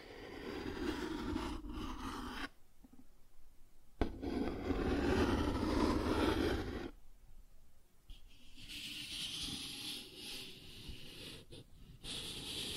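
Cardboard being scratched and rubbed in rough, grainy bursts. A dense scraping passage runs from the start to about 2.5 seconds, a louder fuller one from 4 to 7 seconds, and a brighter, hissier stretch from 8 seconds on, separated by near-silent gaps.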